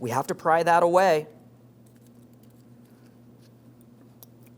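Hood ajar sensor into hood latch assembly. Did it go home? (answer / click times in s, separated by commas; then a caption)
yes / 4.2 s. A plastic hood ajar sensor is pressed down into the metal hood latch of a 2015-2025 Ford Transit 250 after its locking tab is pried away. Someone talks at the start, then faint handling noises follow until a sharp click at 4.2 s as the sensor snaps into the latch and seats.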